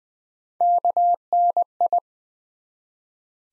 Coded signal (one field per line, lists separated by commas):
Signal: Morse code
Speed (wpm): 20 wpm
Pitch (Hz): 700 Hz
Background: none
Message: KNI